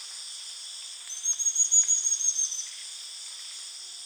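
Rio Madeira stipplethroat song: a thin, very high series of quick notes lasting about a second and a half, over a steady shrill hum of insects.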